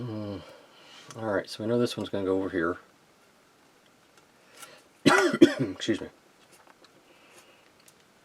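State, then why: Not seated. A plastic model kit piece is handled and lined up for its spot on an NCC-1701-D Enterprise model assembly while someone talks. Faint handling ticks come around 4.2, 6.7, 6.9 and 7.9 seconds. The piece has not seated or clicked into place yet.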